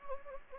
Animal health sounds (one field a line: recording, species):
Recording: mosquito wingbeat signal from an infrared sensor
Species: Anopheles gambiae